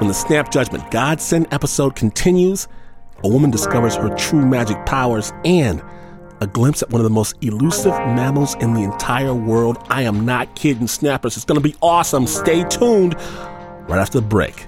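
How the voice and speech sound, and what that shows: An adult male radio host talks fluently and energetically in a mid-pitched, lively voice with clear consonants and brief natural pauses. Soft background music plays under his voice. Speech is normal, with no disordered features heard.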